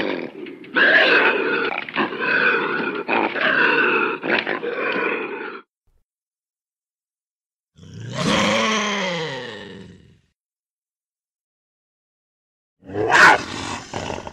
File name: Bobcat Sounds